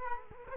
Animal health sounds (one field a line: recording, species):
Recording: mosquito wingbeat signal from an infrared sensor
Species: Culex quinquefasciatus